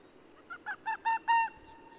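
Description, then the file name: Arctic fox barking five times in a row, each bark louder than the one before, over faint background hiss. Arctic fox of subspecies fuliginosus, barking, at Hornbjarg; date code 190609. "afox-fuliginosus -BARK is hornbjarg"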